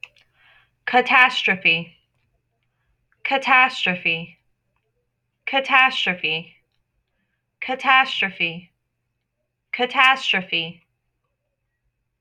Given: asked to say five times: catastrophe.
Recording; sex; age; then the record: repeated word; female; 20 to 29 years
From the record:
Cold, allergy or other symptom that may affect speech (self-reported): no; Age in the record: 27 years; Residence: Texas, United States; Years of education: 14